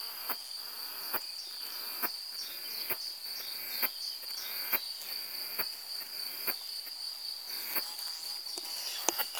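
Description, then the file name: Cicada singing a constant high-pitched whine, steady throughout, punctuated by ticking clicks about every second. "cantilatrix"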